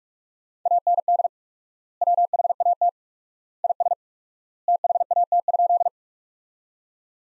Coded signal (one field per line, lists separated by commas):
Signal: Morse code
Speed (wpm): 46 wpm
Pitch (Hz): 700 Hz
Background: none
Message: AND WHAT IS THAT?